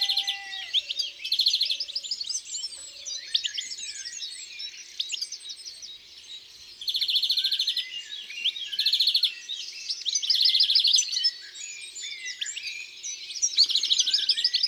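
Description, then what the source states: European greenfinch singing long twittering phrases with repeated rapid trills; a few low whistled notes sound at the start. In the countryside.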